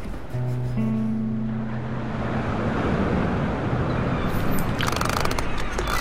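Sea waves wash steadily against a boat in a constant broad roar, with a low humming drone in the first couple of seconds and faint crackles near the end.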